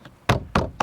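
A plastic trim piece with a tang at the top is slid on and snapped into a door panel, giving sharp clicks at 0.3, 0.6 and 0.8 seconds after a faint tap near the start. The piece is seated and now nice and tight.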